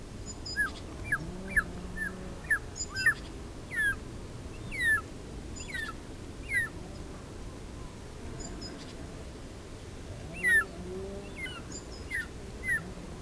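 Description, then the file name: Short-toed snake eagle giving short, plaintive downslurred whistles in loose series over a steady low rumbling background. "Marco Dragonetti - Zmeeyad Circaetus gallicus"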